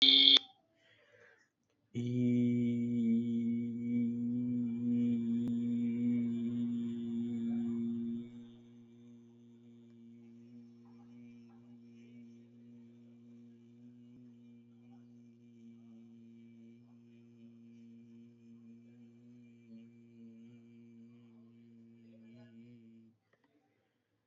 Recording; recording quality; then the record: sustained vowel as in beet; excellent, no background noise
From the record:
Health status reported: COVID-19 positive, mild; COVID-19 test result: positive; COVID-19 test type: RT-PCR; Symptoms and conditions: cold, sore throat, fever, fatigue, muscle pain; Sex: male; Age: 26 years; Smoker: no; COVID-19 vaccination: both doses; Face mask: not worn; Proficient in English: yes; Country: India